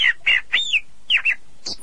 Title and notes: Burung Kompilasi Suara Murai Air Cililin Gereja Tarung Kenari. kumpulan suara burung